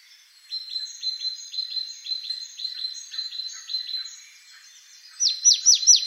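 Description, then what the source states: Marsh tit calls: a long run of softer falling notes, then louder, sharper downward notes near the end. Recorded 28 November 2013.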